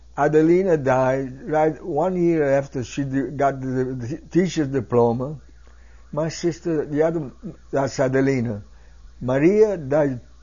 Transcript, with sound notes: Angelina die right, one year after she, uh, got the teacher diploma. [car alarm goes off in background] My sister, the other, that's Angelina. Maria die, uh,